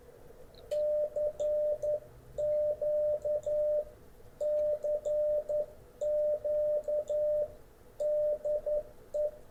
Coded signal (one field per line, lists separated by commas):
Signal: Morse code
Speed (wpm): 11 wpm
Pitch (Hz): 600 Hz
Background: radio noise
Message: CQ CQ DE